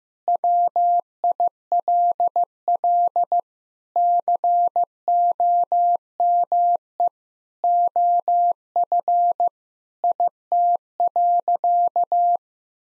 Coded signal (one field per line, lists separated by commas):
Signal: Morse code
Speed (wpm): 15 wpm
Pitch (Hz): 700 Hz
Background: none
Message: WILL COME OF IT.